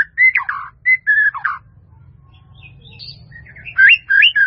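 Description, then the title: White-rumped Shama song: clear whistled notes and slurred phrases, a quiet gap with low hum, then a fresh run of rising and falling whistles. "murai batu"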